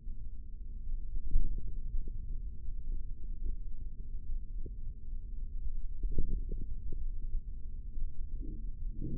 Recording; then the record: forearm muscle sounds (acoustic myography)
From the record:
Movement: index flexion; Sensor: system 3, bracelet of six PUI Audio POM-2738L microphones around the upper forearm, with dedicated amplification and filtering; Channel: 2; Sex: male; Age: 55 years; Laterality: right